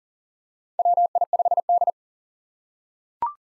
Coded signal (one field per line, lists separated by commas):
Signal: Morse code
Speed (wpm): 40 wpm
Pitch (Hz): 700 Hz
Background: none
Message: WI5D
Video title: 2023 POTA Activator Call Signs - 40wpm